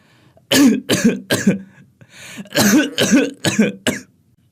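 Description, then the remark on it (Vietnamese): An elderly woman coughs repeatedly in a kitchen, two rough bursts of three to four harsh, hacking coughs each, separated by a short wheezy breath, with no speech. “Trong bếp, bà cụ Thẹo đang ho sụ sụ.”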